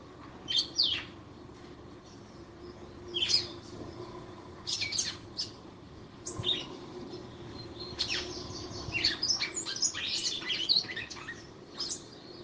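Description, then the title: Red-cowled cardinal song: repeated bursts of sharp, high chirps and twitters, growing into a rapid tumbling sequence in the second half. Lively female singing to the male; presented as audio to stimulate a male. "Canto Galo Campina Fêmea. FÊMEA DE GALO DE CAMPINA FOGOSA CANTANDO PRO MACHO"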